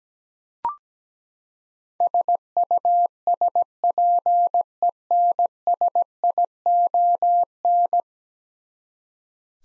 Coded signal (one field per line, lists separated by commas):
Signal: Morse code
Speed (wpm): 17 wpm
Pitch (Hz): 700 Hz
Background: none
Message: SUSPENSION